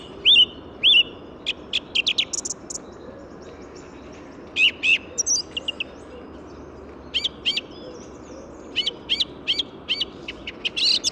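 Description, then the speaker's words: Song Thrush song of varied phrases, with whistled notes and sharp, repeated clicking notes in quick bursts, against constant low background noise. Calm, deliberate song of phrases made of repeated notes, just before daybreak in an urban park in the Paris region, France, with south wind and city and motorway noise behind. "Et là, actuellement, pour ce presque lever du jour, je suis sur une grive musicienne, avec son chant posé, réfléchi, des phrases constituées de notes répétées, très agréables."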